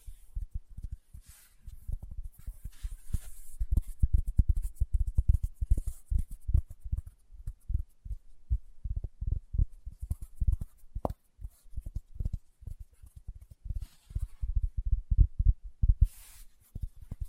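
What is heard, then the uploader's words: Fingertip tapping in quick, uneven bursts of soft, low, thudding knocks, dense throughout with brief pauses and faint high hiss now and then. ASMR Tapping with Fingertips (No Talking).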